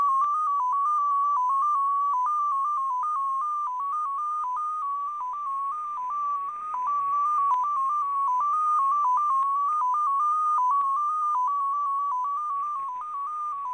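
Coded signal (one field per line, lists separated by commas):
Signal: numbers station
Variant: XPA2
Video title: [XPA2] Scheduled transmission + perfect copy; 21. June 2020, 21:20 UTC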